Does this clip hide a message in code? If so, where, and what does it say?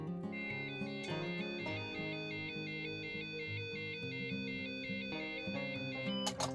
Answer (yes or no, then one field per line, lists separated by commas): no